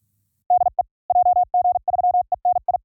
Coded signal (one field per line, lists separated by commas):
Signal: Morse code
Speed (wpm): 46 wpm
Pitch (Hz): 720 Hz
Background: none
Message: DE JG3ENI